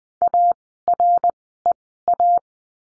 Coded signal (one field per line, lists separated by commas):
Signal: Morse code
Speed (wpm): 20 wpm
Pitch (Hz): 700 Hz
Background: none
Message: AREA